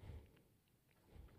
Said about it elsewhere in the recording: If you hear that snoring in the background, that's our French bulldog. They love to snore.